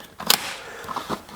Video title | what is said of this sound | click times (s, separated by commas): Product Review: MagPump - Fast & Easy Magazine Loading System | snapped back in and here we go | 0.3 s